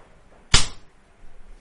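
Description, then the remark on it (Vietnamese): A quick swish leads into a single sharp, crisp slap of a swung right hand striking a face, cracking loudly and fading in a fraction of a second, with near-silence on either side. “Theo sau tiếng vang thanh thúy, Trần Phàm cho Y Điền một cái tát vang dội ngay trước mặt mọi người.”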